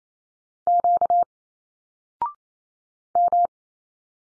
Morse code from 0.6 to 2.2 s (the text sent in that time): Q